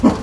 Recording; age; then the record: pig call; growing-finishing pig (85 days or more)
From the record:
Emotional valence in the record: positive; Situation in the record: run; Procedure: transit